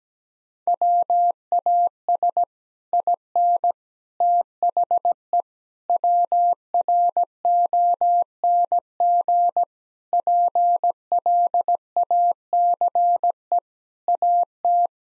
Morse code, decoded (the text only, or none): WAS IN THE WRONG PLACE AT